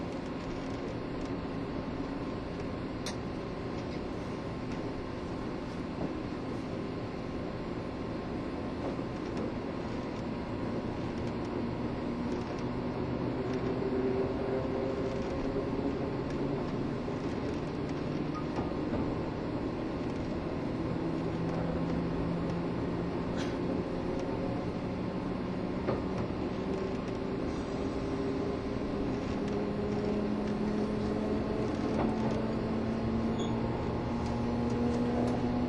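A Taiwan Railways EMU1200 electric train with nose-suspended motors speeds along, its motors whining and growling steadily throughout. Rising motor tones climb gradually as it accelerates, over a dense, constant rumble of wheels and running noise, with occasional clicks and knocks from the rails.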